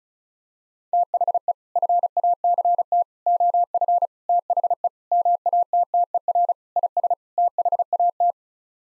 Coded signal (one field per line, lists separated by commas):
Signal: Morse code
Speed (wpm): 36 wpm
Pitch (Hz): 700 Hz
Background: none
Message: THE FACT OF THE MATTER IS THAT